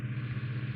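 A plastic grille piece is handled against the front body of an Eaglemoss Ghostbusters ECTO-1 die-cast/plastic model car kit, to be pushed on until its pins engage. Throughout the 0.8 seconds only a steady, engine-like low hum with a strong tone near 120 Hz is heard, with no sharp transients. Nothing has seated or clicked yet.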